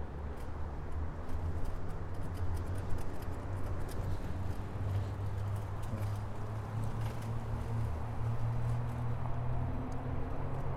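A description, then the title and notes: A bike ride recorded on the move: a steady low rumble and hum fills the whole stretch, with a droning tone that rises slightly in pitch around the middle and again near the end. Brief clicks and rattles scatter throughout the wind-like roar. A stereo recording of a bike ride from Orchard Beach to our house in Mount Vernon.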